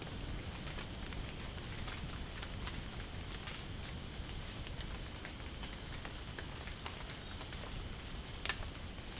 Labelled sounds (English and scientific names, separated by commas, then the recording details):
none
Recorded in dense forest near Puerto Asís, Putumayo, Colombia, on 27 June 2025 at 04:00
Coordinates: 0.503, -76.323
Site G059